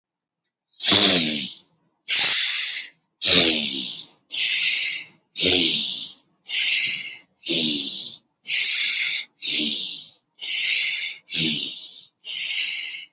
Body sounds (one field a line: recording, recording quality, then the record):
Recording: deep breathing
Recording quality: excellent, no background noise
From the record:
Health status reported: healthy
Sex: male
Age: 19 years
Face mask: not worn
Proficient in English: yes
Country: India